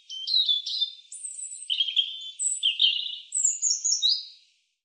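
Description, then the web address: European robin song: long, varied phrase of high liquid warbles, thin whistles and fast trills, jumping between pitches, with no other sounds. "cianscape birddata Deverinetal 2025 Bird Er Ru"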